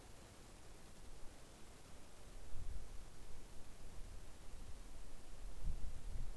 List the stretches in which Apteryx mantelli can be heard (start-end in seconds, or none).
none